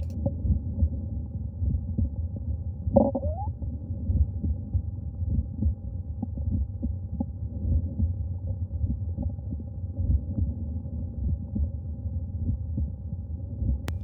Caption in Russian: Пациента, которому около 50 лет, с самым частым врожденным пороком сердца, двустворчатым аортальным клапаном. Функция клапана не нарушена. Во всех точках аускультации слышен аортальный тон изгнания. Левый нижний край грудины или тригуспидальная точка.